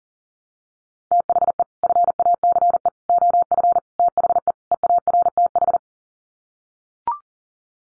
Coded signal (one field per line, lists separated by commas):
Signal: Morse code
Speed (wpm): 37 wpm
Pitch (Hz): 700 Hz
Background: none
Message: THE FACE OF THE EARTH